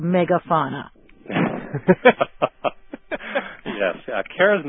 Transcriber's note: laughter